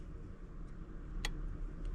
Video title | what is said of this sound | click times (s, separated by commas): How To Install Your 10-14 Mustang Steering Wheel | It kind of makes a small click sound. Make sure it's down all the way. | 1.2 s